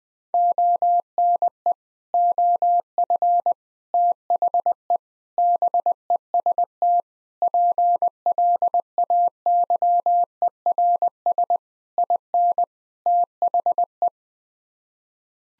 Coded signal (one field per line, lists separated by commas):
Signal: Morse code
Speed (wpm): 21 wpm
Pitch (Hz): 700 Hz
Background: none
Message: ONE OF THE BEST PLAYERS IN THE